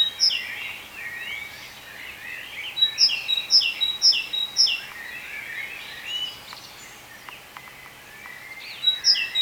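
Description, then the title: Bird calls: a lone high chirp, then a steady string of sharp chirps about twice a second over busy twittering, a lull with clicks, and more chirps. "cizici, birds"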